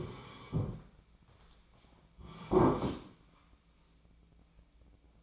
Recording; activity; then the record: daily activity, microphone in the room; sit down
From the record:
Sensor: 1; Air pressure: 1009.2 hPa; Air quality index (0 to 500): 178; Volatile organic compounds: 3 ppm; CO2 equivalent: 1496 ppm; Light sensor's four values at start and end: 42/109/46/54 and 44/118/49/58